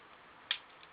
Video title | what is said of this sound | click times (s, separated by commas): Power of the Primes Wave 3 Voyager Class Inferno | and they will lock into place | 0.5 s